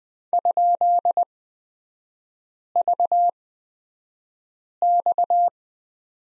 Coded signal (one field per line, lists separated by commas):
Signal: Morse code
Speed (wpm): 20 wpm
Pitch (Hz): 700 Hz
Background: none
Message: ?VX